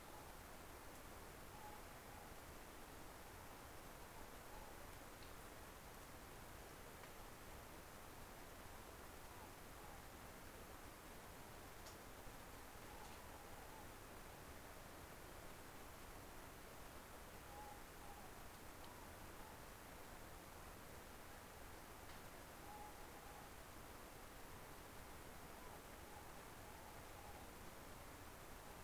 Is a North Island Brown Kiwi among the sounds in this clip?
no